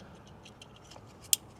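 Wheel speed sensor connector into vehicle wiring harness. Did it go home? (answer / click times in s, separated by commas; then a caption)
yes / 1.3 s. The plastic electrical connector of a new ABS wheel speed sensor is pushed into the car's wiring harness plug, with faint small ticks and rustling before a single sharp, loud click at 1.3 s. The connector is seated in the harness.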